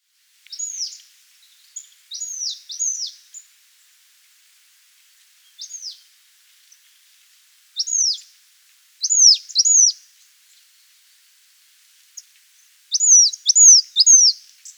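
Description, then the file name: Marsh tit calling in short bursts of one to three high, clipped, downward-sweeping notes, spaced irregularly with silent gaps between groups. "Poecile palustris"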